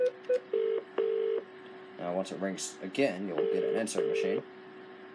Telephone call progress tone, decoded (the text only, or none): ringback tone